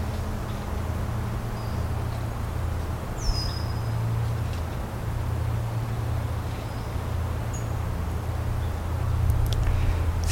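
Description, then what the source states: Red-winged Blackbird alarm whistle: one thin, high, downslurred whistle about a third of the way in, with a few faint brief chips, over a steady low rumble. Alarm whistle, heard repeatedly in a marsh during a 24-hour Earth Day live soundscape broadcast, 22 April 2026 around 2:30 pm; the loudest calls reverberate across the wetland.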